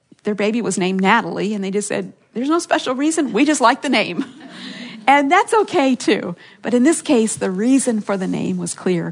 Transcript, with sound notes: their baby was named Natalie, and they just said, “There’s no special reason. We just liked the name.” (laughter) And that’s okay, too. But in this case, the reason for the name was clear: